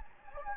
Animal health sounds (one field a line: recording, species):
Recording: mosquito wingbeat signal from an infrared sensor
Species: Anopheles gambiae